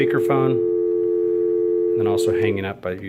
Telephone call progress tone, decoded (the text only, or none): dial tone